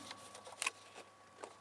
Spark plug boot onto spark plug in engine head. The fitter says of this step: put it in, and hopefully you hear this snap, just like that.